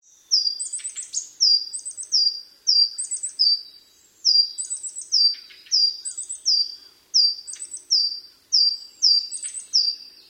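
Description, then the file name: Coal tit singing a steady series of repeated phrases, each a quick cluster of very high notes with a falling whistle. "higara"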